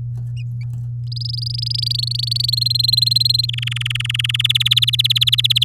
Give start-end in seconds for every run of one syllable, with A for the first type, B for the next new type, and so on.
1.12-2.59 A, 2.61-3.46 B, 3.48-4.42 C, 4.44-5.64 D